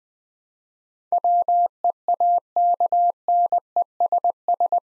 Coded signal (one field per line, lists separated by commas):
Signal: Morse code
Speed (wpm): 20 wpm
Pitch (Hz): 700 Hz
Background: none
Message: WEAKNESS